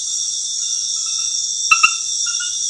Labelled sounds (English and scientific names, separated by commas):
none